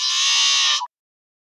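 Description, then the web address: Yellow-headed blackbird giving a single loud, harsh rasping buzz under a second long, ending in a short low tail; nothing else heard. "birdvocals CR YHBL"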